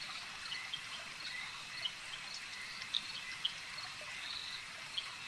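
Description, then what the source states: Insect swarm: insects hum in a steady, high shrill chorus, with a few sharp droplet-like ticks scattered through it. Insect swarm ambience.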